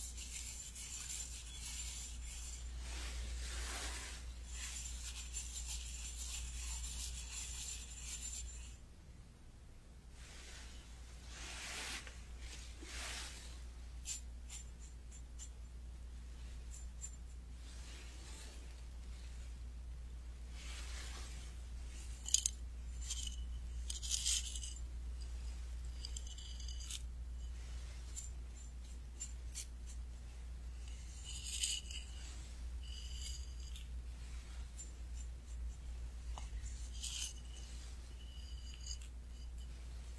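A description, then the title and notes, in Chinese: Traditional Chinese medicine being dispensed and pounded, with soft, irregular bursts of rustling and scraping over a steady low hum. Small sharp taps stand out near 22, 24 and 31 seconds, and the activity grows busier and brighter in the second half. 中医配药、捣药触发音。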